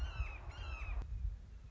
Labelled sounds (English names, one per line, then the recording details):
Red-shouldered Hawk
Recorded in Sonoma County, California